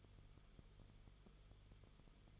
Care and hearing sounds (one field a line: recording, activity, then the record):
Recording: daily activity, microphone in the room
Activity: no activity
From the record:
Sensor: 4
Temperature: 22.9 degrees Celsius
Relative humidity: 34.5%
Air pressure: 1011.5 hPa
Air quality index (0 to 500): 193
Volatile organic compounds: 13 ppm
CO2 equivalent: 2389 ppm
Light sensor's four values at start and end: 2/3/1/1 and 2/3/1/1